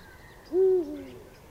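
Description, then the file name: Eurasian eagle-owl with one deep, booming hoot, held briefly and slightly falling at the end, with a quiet background. Recorded at Landshut on 28 February 2015. "Uhu 28 02 2015 Landshut Susanne Rieck"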